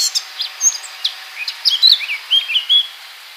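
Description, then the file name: Eurasian blackcap song: a few scratchy high notes, then a clear fluty warble of slurred whistles. "Sylvia atricapilla"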